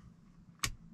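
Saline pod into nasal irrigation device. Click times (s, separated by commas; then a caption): 0.6 s. A reused plastic saline pod is pushed into a NAVAGE nasal irrigation device, and a single sharp click sounds at 0.6 s over quiet low background noise. The pod seats in the irrigator, confirmed by that click.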